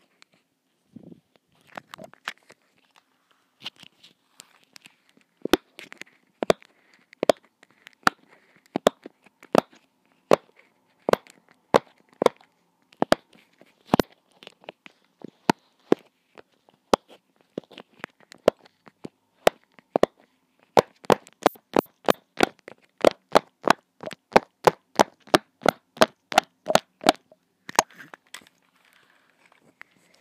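Long nails tap and scratch at a microphone coated in slime and blu tack, making sharp, crisp clicks over near silence. The taps come irregularly at first, then cluster into quicker bursts from about twenty seconds before thinning out near the end.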